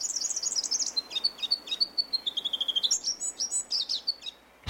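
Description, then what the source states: Forest Double-collared Sunbird song: a rapid, jangling run of very high chips and short trills that dips in pitch, then rises again into sharp twitters. Two East African populations on isolated mountaintop sky islands, separated at least 500,000 years ago, still sing nearly identical songs.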